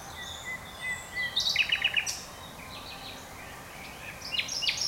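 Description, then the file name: Common nightingale singing: soft whistled notes lead into a fast stuttering trill, followed by another burst of clipped notes over background hiss. "Luscinia megarhynchos"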